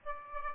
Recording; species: mosquito wingbeat signal from an infrared sensor; Aedes albopictus